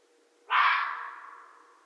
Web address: Red Fox 2012 01 13 Red Fox